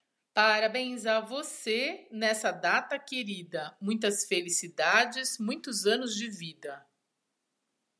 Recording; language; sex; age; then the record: short text; Brazilian Portuguese; female; 50 to 59 years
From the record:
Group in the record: control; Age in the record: 56 years